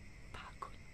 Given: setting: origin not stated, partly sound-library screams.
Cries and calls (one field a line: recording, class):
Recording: one-second piece from a danger detection set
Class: normal situation